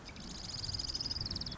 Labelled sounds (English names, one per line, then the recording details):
Marsh Wren
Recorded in Sonoma County, California